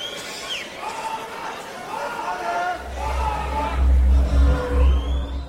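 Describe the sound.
A concert crowd on a live CD recording roars and chatters, with one fan's voice shouting the band's name repeatedly above the noise, while a low, droning rumble swells in partway through.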